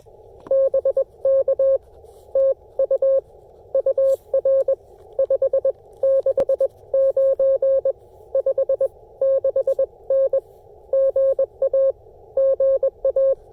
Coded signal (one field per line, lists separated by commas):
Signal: Morse code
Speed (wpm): 21 wpm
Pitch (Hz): 540 Hz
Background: none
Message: BK TU UR 569 56N GA GA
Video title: Testing the new Chameleon Tactical Delta Loop (CHA TDL) antenna on a POTA activation